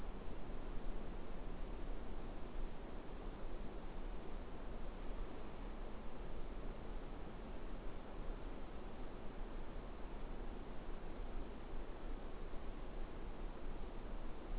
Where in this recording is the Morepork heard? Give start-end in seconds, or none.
none